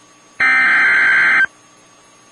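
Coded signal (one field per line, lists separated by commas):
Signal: Emergency Alert System (SAME) tones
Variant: header bursts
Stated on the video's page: Multiple EAS alerts from Illinois.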